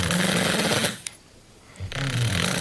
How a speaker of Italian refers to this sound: Perché si russa? Guarda cosa accade quando dormiamo. La lingua scivola indietro non appena i muscoli della gola si rilassano. Ad ogni respiro, il tessuto della faringe e della lingua cominciano a vibrare. Si comincia a russare.